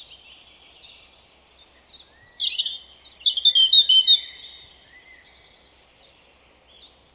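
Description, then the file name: European robin delivering a rich warbling phrase of quick high notes and trills, preceded and followed by quieter thin chirps. "Erithacus rubecula"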